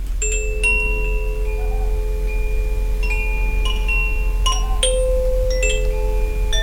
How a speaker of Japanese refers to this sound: この鐘は風の音なんだけれど、これはいつも旅の時に持ち歩いていて好きな音です。